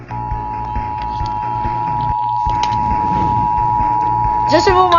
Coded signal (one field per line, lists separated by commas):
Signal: Emergency Alert System (SAME) tones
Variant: 853 and 960 Hz attention tone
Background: speech, music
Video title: Playing Survive Weird Mafioso (Not really just Showing EBS And some EAS from a SVW & EAN)